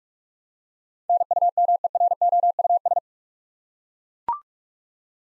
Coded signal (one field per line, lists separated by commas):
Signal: Morse code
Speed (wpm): 41 wpm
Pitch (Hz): 700 Hz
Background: none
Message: NUMEROUS